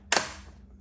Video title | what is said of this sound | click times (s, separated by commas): Cooking My First NY Strip Steak Using Anova's New Precision Sous Vide Cooker + Vacuum Sealer | and we are going gonna close the bag until we hear a pop | 0.1 s